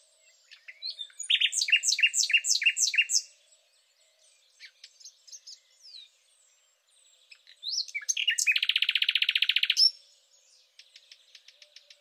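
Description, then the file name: Thrush nightingale song: a strong series of several repeated downslurred notes, quiet clicks, then a long loud grinding rattle and a closing run of fast ticks. "rossignol philomele"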